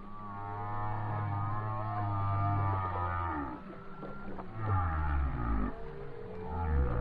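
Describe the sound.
Whale song with long, deep, steady moans, then rising whistled sweeps and shorter groans following in a slow sequence.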